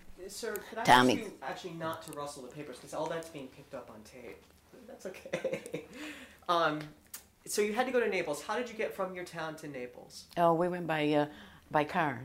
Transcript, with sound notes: Sir, could I ask you actually not to rustle the papers, because all that's being picked up on tape. That's okay. ( he laughs ) So you had to go to Naples. How did you get from your town to Naples?
Oh, we went by, by car.